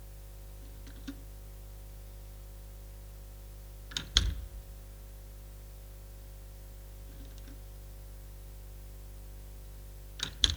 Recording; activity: daily activity, guitar pickup as the sensor; manipulate door